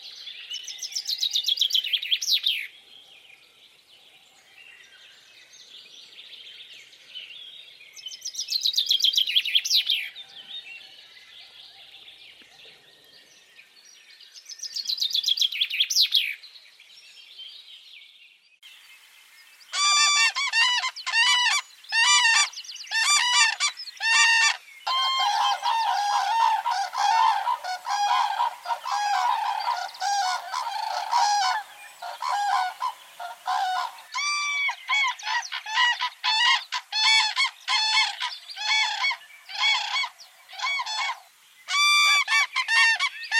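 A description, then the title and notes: Singing birds, in two parts. For the first twenty seconds, three bright, rising bursts of song arrive about every six seconds with quiet gaps between. Then comes a dense, steady run of repeated honking, goose-like calls that continues without pause to the end. SINGING BIRDS.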